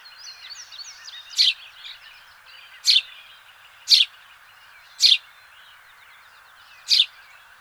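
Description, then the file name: House sparrow calling: five loud, single sharp chirps spaced about a second or more apart, with faint twittering underneath. "Passer domesticus"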